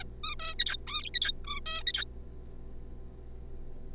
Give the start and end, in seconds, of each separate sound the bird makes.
0.01-0.03, 0.23-0.35, 0.40-0.54, 0.59-0.76, 0.87-1.10, 1.14-1.32, 1.44-1.60, 1.66-1.83, 1.87-2.04